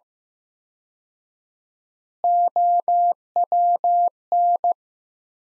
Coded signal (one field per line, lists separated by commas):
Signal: Morse code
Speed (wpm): 16 wpm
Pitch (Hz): 700 Hz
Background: none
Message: OWN